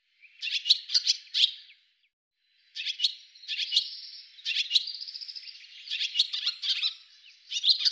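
Bird chirping in rapid clustered bursts of high, buzzy notes, with a brief silent pause before calling resumes in several more bursts.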